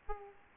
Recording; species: mosquito wingbeat signal from an infrared sensor; Aedes aegypti